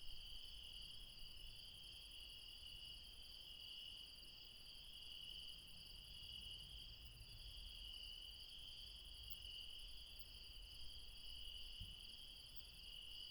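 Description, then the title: Insects trilling continuously in several high bands throughout, steady and ringing, with a low rumble in the background. Late night, mountains, Refuge Krevatia, Barbala, Dion, Greece. "Refuge Krevatia, Μπαρμπαλά, Dion 601 00, Greece - Late night mountain insects"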